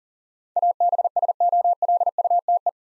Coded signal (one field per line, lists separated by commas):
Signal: Morse code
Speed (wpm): 40 wpm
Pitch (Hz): 700 Hz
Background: none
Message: ABSOLUTE